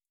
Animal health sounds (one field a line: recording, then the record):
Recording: hydrophone in a shrimp aquaculture tank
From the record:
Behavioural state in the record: feeding